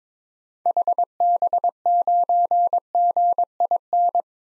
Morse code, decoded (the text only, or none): HB9GIN